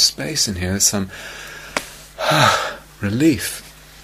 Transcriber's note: relieved sigh